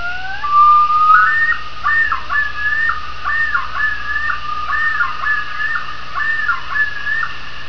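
Loon calling: a rising wail that runs into a long wavering tremolo, warbling up and down again and again, over steady hiss and a low hum.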